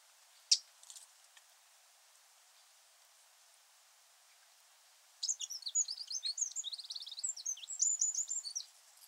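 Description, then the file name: Eurasian wren: a few clicks, then near silence, then a fast, high, tumbling trill-filled song over the last few seconds. "Troglodytes troglodytes"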